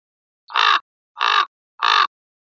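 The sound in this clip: Common raven giving three harsh, hoarse croaks, evenly spaced about two thirds of a second apart, in silence.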